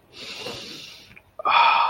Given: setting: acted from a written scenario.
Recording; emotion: vocal sound without words; desire